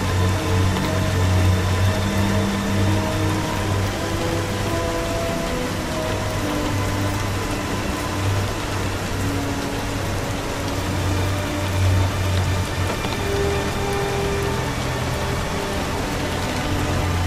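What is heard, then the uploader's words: Steady, dense rain hisses evenly throughout, with a low continuous hum and faint drifting tones beneath it, never pausing or building. Rainy classic ambience.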